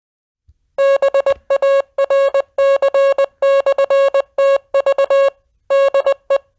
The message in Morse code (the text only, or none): BARC/TV DE